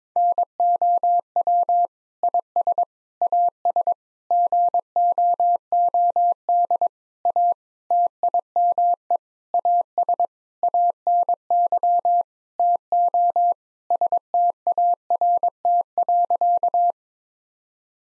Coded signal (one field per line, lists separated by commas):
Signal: Morse code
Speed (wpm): 22 wpm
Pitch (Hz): 700 Hz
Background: none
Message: NOW IS AS GOOD A TIME AS ANY TO START.